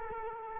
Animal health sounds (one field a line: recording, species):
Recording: mosquito wingbeat signal from an infrared sensor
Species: Culex quinquefasciatus